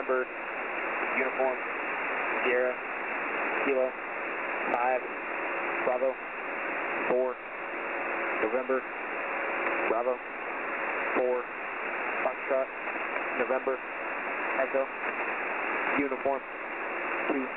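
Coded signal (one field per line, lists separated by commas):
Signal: coded military voice message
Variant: speedread EAM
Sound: a voice quickly reading phonetic-alphabet letters and digits, one word per second, over hiss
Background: radio static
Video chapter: 03:42 speedreading an EAM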